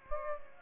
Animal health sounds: mosquito wingbeat signal from an infrared sensor; Aedes aegypti

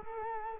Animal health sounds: mosquito wingbeat signal from an infrared sensor; Culex quinquefasciatus

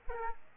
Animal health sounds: mosquito wingbeat signal from an infrared sensor; Aedes aegypti

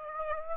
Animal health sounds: mosquito wingbeat signal from an infrared sensor; Aedes aegypti

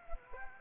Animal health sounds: mosquito wingbeat signal from an infrared sensor; Anopheles gambiae

